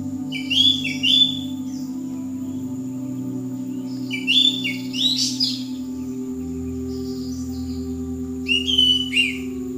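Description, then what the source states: Bird song: four short, bright twittering bursts with quick rising and falling notes, spread throughout, over a constant low background hum. Chirping bird song.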